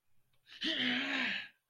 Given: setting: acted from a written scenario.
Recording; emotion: vocal sound without words; triumph